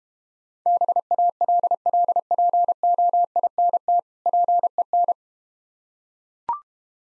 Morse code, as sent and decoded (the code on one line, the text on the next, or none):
-... .- .-.. .-.. .--. --- .. -. - / .--. . -.
BALLPOINT PEN